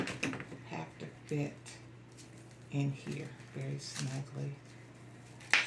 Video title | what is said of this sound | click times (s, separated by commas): Cowboy Hat Wedding Veil Part 2 | so I heard it pops in there sticking out a little bit I felt that right away so | 5.5 s